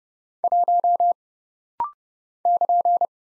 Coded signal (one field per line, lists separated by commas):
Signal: Morse code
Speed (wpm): 29 wpm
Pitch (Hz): 700 Hz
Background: none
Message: 1 <KN>